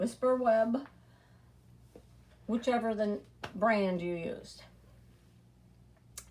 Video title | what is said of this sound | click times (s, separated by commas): Welcome to the Lucky and I Gnome it table topper Part I. | And it says make sure your hoop clicks into place, and it did. | 6.2 s